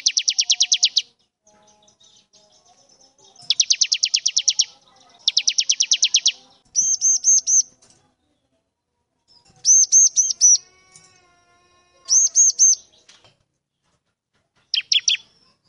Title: Ciblek gacor manggil lawan ciblekmu lanhsung nyaut